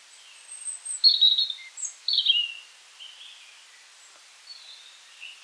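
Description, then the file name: European robin song: varied phrases of very high thin whistles and short twittering trills, louder at first, then fading into quieter fragments. "rotkehlchen"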